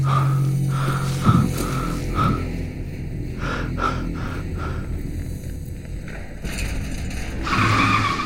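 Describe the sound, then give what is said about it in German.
A car brakes hard at a red traffic light, its tires squealing in a sustained, high-pitched skid over a low engine rumble, with the screech wavering and rising again toward the end. “Obwohl keine anderen Autos mehr fahren, bremse ich bei roten Ampeln ab.”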